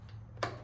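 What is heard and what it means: A rubber spark plug boot with a metal cup inside is pushed onto the top terminal of the spark plug on a Husqvarna Z254F mower engine. A sharp click at 0.4 s (0.43) stands out over a steady low hum, followed by a brief soft tail. The boot snaps on and is seated with positive engagement.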